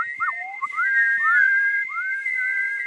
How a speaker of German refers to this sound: Pfeif, pfeif.